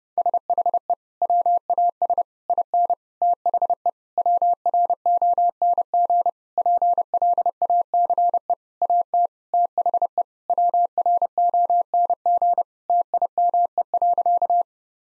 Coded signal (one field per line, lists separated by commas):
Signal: Morse code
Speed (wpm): 32 wpm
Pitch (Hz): 700 Hz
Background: none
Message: SHE WAS IN THE WRONG PLACE AT THE WRONG TIME.